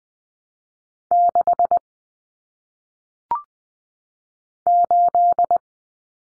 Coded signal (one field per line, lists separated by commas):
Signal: Morse code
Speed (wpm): 20 wpm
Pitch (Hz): 700 Hz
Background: none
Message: 6 8